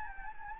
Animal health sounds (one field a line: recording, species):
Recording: mosquito wingbeat signal from an infrared sensor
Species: Anopheles gambiae